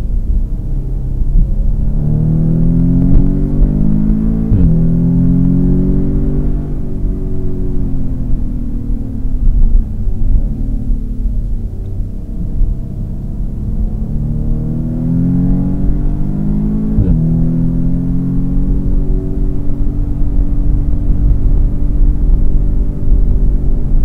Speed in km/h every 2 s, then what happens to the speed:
61, 88, 104, 103, 77, 53, 57, 76, 104, 109, 111, 112.
0-4 speeds up to 104. 6-11 brakes to 53. 11-21 speeds up to 112.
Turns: 9-15.